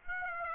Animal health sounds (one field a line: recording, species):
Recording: mosquito wingbeat signal from an infrared sensor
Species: Aedes aegypti